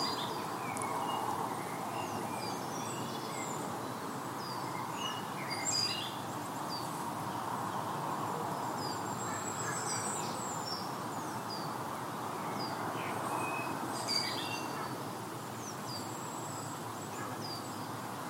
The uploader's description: Soundscapes from different forests around the world